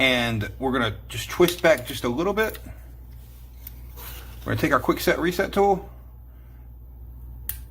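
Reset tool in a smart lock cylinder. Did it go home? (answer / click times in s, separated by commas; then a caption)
released / 7.5 s. Someone talks while turning a Kwikset smart lock cylinder back slightly, then pushes a reset tool into it. A sharp click at 7.5 s marks the internal clip dropping, which releases the cylinder for rekeying.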